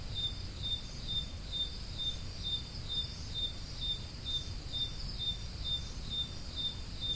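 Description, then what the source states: Cricket calling with crisp, evenly repeated high chirps about twice a second, low noise beneath. Crickets recorded at Roodekopjes.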